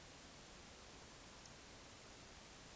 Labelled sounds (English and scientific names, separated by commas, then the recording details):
Eurasian Woodcock (Scolopax rusticola) whistle
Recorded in Baden-Württemberg, Germany, on 20 May 2021 at 19:55 UTC
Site 24606, 635 m above sea level